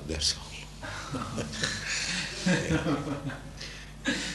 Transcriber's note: laughter